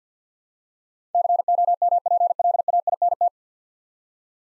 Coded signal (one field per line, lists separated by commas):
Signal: Morse code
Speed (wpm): 50 wpm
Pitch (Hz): 700 Hz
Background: none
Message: COMPLAINT